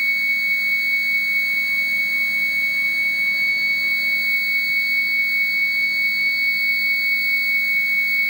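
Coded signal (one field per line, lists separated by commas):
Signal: 300-baud modem data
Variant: Bell 103, 300 baud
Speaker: I'm gonna flip to originate and we're gonna use the rotary phone to dial in to the to the tell tone and see if we could get the computer to answer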